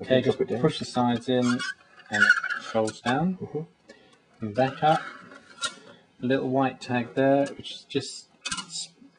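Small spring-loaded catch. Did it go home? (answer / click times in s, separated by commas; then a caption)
released / 8.5 s. Someone talks while handling the waist-level focusing hood of a Mamiya RB medium-format camera, pushing its sides in to fold it down and bringing it back up. Pressing the small white tag releases the spring-loaded magnifier, which pops up with a sharp click at 8.5 s, confirmed as released.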